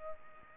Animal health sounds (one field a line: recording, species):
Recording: mosquito wingbeat signal from an infrared sensor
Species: Culex pipiens